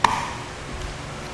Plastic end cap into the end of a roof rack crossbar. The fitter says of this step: we're going to take our end caps and these just snap right into place on